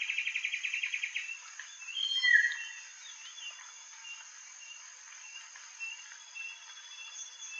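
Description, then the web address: Common paradise kingfisher calling with a quick, evenly spaced series of notes lasting about a second, followed by one stronger note; a continuous high insect drone runs underneath. Recorded in Indonesia. "ULM-DS-Lab indonesian-bird-sounds Tanysiptera galatea"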